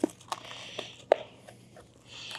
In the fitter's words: you can hear those snaps